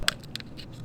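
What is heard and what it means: The second plastic clip on a window visor for a 2019 WRX is pressed into the car door window frame, and it snaps into place with a sharp, bright click at 0.1 s, confirming it is seated. A couple of fainter ticks follow around 0.4 s, over a quiet low background.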